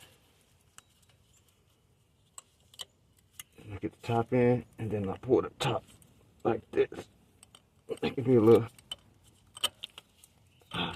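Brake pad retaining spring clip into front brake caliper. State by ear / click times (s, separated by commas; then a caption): seated / 9.6 s. A steel brake pad retaining spring clip is fitted into a Brembo-style front brake caliper on a 2019–2025 Chevy or GMC truck: the bottom is hooked in first, then the top is pulled and pressed in. Someone talks amid light metallic clinks. The clip snaps into place with a sharp click at 9.7 s and is seated.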